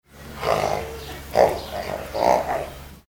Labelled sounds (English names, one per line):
Jaguar